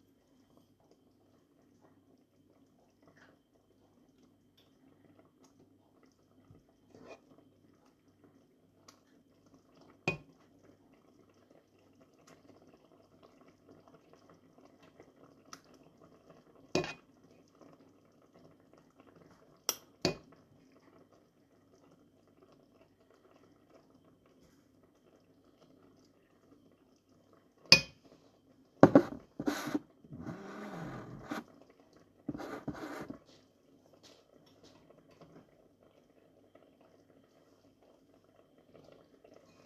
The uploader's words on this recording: ASMR Cooking. Chopping vegetables, frying onions, pouring water and so forth.